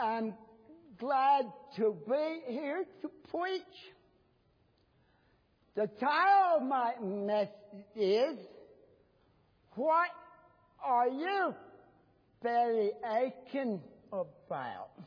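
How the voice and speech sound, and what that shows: Slow, drawn-out speech with stretched syllables, long pauses and swooping pitch: an imitation of cerebral palsy dysarthria.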